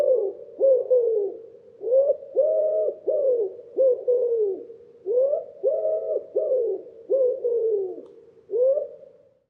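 Common Wood Pigeon cooing: several phrases of deep, hollow notes, the longer notes slightly falling, repeated with a steady rhythm.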